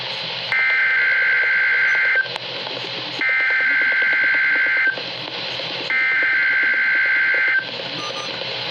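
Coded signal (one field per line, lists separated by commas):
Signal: Emergency Alert System (SAME) tones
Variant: header bursts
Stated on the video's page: Required weekly test from a NOAA Weather Radio transmitter in Tomball, Texas on 162.400 MHz.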